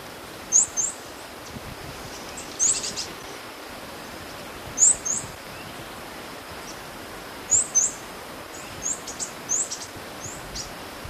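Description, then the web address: Metallic-green tanager calling with very high, thin, sharp notes, mostly in pairs, repeated at irregular intervals over constant soft hiss. Recorded in Ecuador. "Natures Songs S America Birds of Ecuador. Metallic-Green Tanager"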